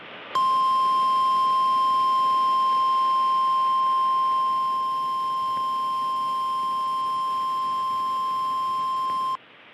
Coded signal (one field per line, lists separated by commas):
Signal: Emergency Alert System (SAME) tones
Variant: 1050 Hz attention tone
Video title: TFT Relay: NWR RWT on WXL40 (2/5/20)(EAS #255)